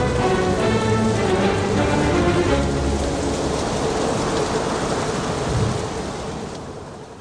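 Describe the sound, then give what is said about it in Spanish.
Heavy, steady rain from a hurricane pours down at night in a dense hiss, with low rumbling storm noise and wind underneath, staying loud before easing slightly toward the end. No voices. “El huracán ruge durante toda la noche con inusitada violencia. La lluvia semeja a un verdadero diluvio.”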